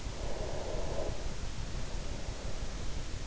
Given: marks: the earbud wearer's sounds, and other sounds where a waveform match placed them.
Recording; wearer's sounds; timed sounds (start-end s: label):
sounds in sleep by an in-ear microphone; breath
0.14-3.03 s: breath